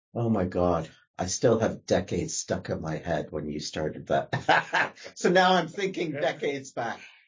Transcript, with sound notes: Oh my God, I still have decades stuck in my head when you started that. *laughs* So now I’m thinking decades back.